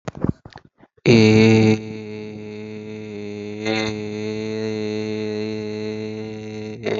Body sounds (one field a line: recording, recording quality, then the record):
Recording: sustained vowel as in made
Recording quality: excellent, no background noise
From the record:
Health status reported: healthy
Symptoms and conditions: none ticked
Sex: male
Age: 18 years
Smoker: not ticked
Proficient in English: yes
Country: India